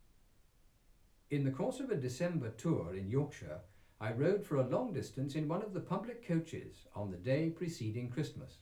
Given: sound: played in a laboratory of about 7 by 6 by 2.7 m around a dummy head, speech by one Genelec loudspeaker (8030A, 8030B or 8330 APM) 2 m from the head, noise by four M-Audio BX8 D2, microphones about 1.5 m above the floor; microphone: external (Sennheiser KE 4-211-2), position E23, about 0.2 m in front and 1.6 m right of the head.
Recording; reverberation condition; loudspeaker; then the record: male speech in English; low; 120 degrees to the left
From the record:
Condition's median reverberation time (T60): about 310 ms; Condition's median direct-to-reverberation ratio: about 3.5 dB